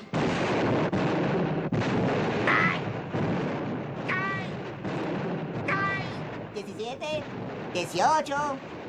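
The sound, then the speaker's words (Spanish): A 21-cannon victory salute: a series of loud, booming cannon shots fires at a steady pace, each blast rumbling out while high, whistling chirps rise between the later shots. “¡Me daré un saludo de 21 cañonazos por la victoria!”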